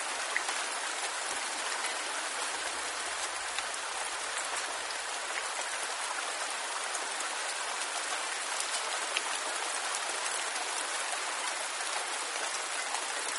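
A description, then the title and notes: Rain falls in a steady, dense hiss, bright and fine-grained, with no let-up across the clip. Drops tap and tick on a surface throughout, with a few sharper clicks standing out now and then. Almost nothing sits in the low end. The harmonious melodies of rain. As each raindrop finds its rhythm upon the earth, it adds to the melodic composition of raindrop harmony.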